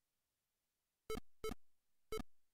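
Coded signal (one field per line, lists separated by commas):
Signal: none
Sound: game's music beeps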